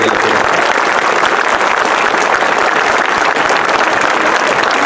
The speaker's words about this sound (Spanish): A todos ellos les quiero brindar un fuerte aplauso.